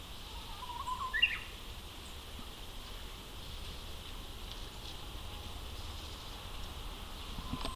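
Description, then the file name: Japanese bush warbler: a single short, faint call about a second in, rising sharply in pitch, then only steady background hiss. Recorded at Akasaka on 2 April 2022. "uguisu 20220402 akasaka"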